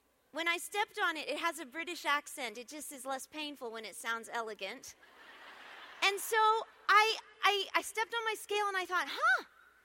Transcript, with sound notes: When I stepped on it... it has a British accent. It’s just less painful when it sounds elegant. (laughter) So I stepped on my scale, and I thought, “Huh!